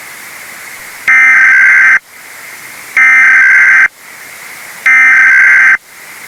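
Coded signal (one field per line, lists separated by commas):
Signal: Emergency Alert System (SAME) tones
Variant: header bursts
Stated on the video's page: Fictional tornado EAS scenario using valid SAME tones; simulated.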